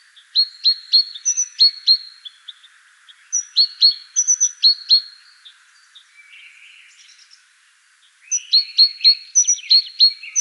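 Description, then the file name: Great tit calling in three bursts of crisp, high chirps and thin whistles, rapidly repeated, with softer twittering in the pauses between bursts. "Parus major"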